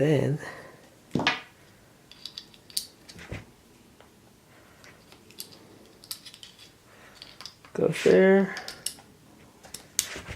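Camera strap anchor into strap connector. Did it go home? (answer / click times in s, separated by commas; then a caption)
yes / 10.0 s. Someone talks while pushing a Peak Design Leash camera strap anchor link into its quick-release strap connector, with small handling ticks along the way. A sharp click at 10.0 s marks the anchor seating and locking in place.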